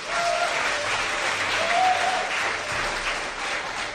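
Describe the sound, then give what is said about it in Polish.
Sustained audience applause during a Polish Radio Program Three (Trójka) broadcast, given for the radio listeners, a dense steady clatter of many hands clapping at an even loudness for several seconds, with a few faint tonal whistles or cheers rising above it. “Brawa dla publiczności radiowej.”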